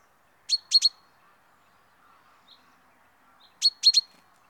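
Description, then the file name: Common chaffinch calls: two quick bursts of three sharp, metallic chips, about three seconds apart, over faint background noise. "Fringilla coelebs"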